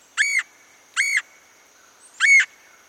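Red-headed Woodpecker giving three nasal calls, each about a quarter second long, spaced unevenly.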